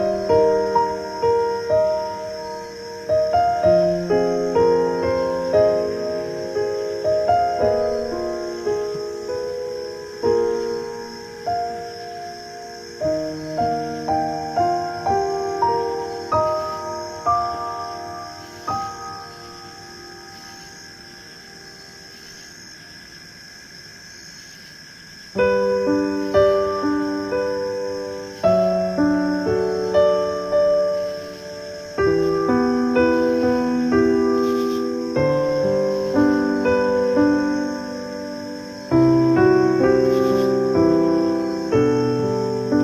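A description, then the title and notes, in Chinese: A "summer night" piece tuned to 428 Hz: struck notes ring out and fade in steady chord groups, moving at an even, unhurried pace. Around 19 to 25 seconds it drops to a soft held hush, then returns fuller. A faint high whine persists throughout. 夏日的夜晚 428Hz。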